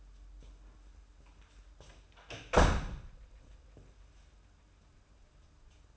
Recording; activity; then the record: daily activity, microphone in the room; close door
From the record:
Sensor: 2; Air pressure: 994.2 hPa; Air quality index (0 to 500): 205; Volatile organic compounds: 1000 ppm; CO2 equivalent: 6798 ppm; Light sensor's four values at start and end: 83/195/81/82 and 83/195/81/82